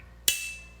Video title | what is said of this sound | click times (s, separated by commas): Why Lavedovy Cleaning Brushes Is the Best Cleaning Brushes You Can Find on Amazon | going to go ahead and plop that in and you'll hear it click | 0.3 s